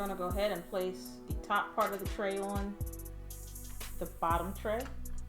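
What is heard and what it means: Someone talks over background music while handling the top half of a plastic screen-protector alignment tray, bringing it toward the bottom tray that holds a Note 9 phone for a Whitestone Dome screen protector install. Only a few soft, brief sounds come through under the voice and music. The clip ends before the tray halves go together, so nothing has seated or clicked yet.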